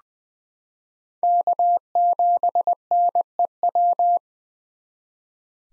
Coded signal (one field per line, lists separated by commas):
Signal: Morse code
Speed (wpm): 21 wpm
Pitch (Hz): 700 Hz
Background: none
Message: K7NEW